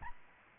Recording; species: mosquito wingbeat signal from an infrared sensor; Aedes albopictus